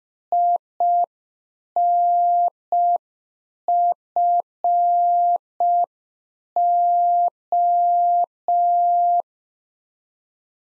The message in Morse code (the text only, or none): INFO